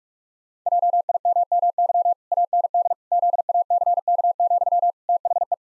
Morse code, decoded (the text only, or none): JIMMY AND ZACK, THE